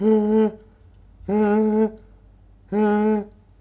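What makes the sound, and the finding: Adult clinician imitating a child's stridor. Inspiratory stridor (imitated).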